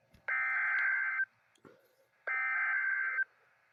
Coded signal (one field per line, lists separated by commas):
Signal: Emergency Alert System (SAME) tones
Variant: header bursts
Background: speech